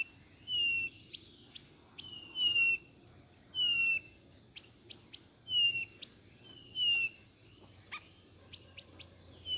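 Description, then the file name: Blue-naped chlorophonia singing a series of several clear, downslurred whistles, each short, mixed with brief sharp ticks. "canto do gaturamo bandeira"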